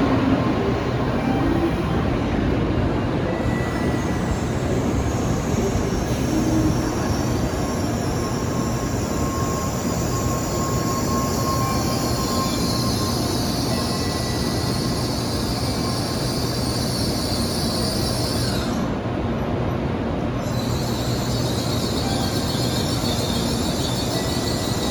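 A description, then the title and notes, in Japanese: A Shinkansen pulls into Kyoto Station with a steady, dense rumble and rolling roar that holds at an even level throughout. A faint high whine and thin tonal squeals drift above the noise, with brief dips in the upper hiss near the start and around twenty seconds. 新幹線入線（京都駅）。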